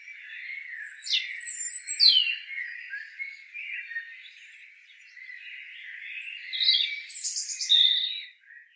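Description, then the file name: European robin song: thin, high notes sliding downward in short bursts, over a lower, varied twittering warble throughout. "Erithacus rubecula"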